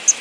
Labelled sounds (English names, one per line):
Palm Warbler flight call